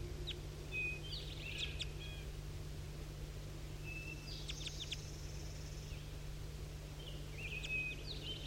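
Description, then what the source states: Crossbill calls, a few short sharp chips and brief notes scattered throughout over a steady low hum and faint background noise. Bird 5-3 calling to two crossbills down in the bottom of the hollow.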